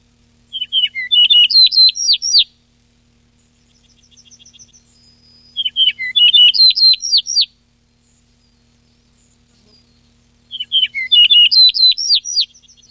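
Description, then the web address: Yellow-breasted bunting song: three lively phrases of crisp descending high notes, each about two seconds long, repeated about every five seconds, with a soft twitter between. Recorded 14 July 2006. "birdsong 7 14 06 Eaureola"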